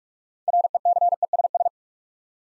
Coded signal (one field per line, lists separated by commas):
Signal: Morse code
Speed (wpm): 44 wpm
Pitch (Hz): 700 Hz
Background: none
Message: RECESS